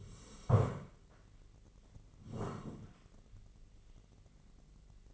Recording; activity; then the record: daily activity, microphone in the room; sit down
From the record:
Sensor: 4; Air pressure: 1013.1 hPa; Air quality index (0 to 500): 174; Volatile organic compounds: 2 ppm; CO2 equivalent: 1098 ppm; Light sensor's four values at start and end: 50/123/52/56 and 50/123/52/56